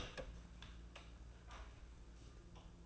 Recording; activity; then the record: daily activity, microphone in the room; open door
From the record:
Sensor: 2